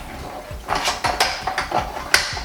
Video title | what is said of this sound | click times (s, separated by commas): Conquer racing simulator cockpit unboxing and full assembly how to, with Logitech G920 mounting | push those down lock into place | 2.1 s